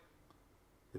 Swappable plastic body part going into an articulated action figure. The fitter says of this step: depois faz o clique